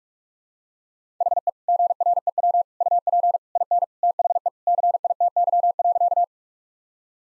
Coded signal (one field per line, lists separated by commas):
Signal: Morse code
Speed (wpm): 46 wpm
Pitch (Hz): 700 Hz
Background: none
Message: HE GREW UP IN THE CITY.